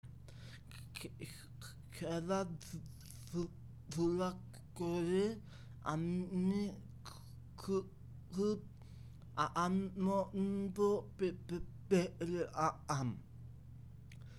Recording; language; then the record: elicited speech; Bengali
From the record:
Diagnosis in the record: Broca's or global aphasia after a stroke